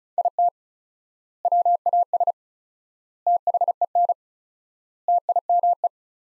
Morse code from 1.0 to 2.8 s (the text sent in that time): WAS